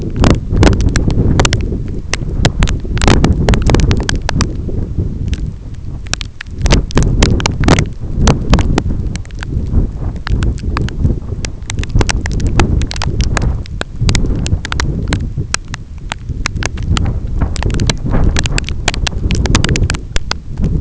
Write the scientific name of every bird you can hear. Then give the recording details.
none. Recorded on Arctic tundra, site EABA-1, on 25 June 2018. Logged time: 06:00